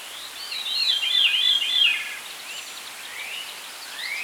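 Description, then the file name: Veery singing one airy, wavering phrase that spirals down in repeated rolling notes, followed by faint softer notes and upslurs amid steady hiss. "Catharus fuscescens - Veery"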